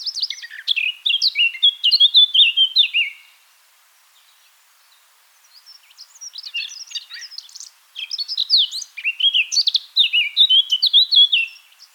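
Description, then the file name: Eurasian blackcap singing fast, varied warbling phrases of high notes, with a pause and a quieter passage between the louder bursts. "Sylvia atricapilla"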